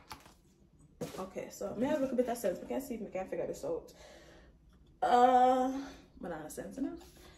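An attachment piece is handled near the body of a novelty machine, with a brief faint sharp sound at about 0.1 s while someone talks throughout. Nothing has seated or clicked into place yet.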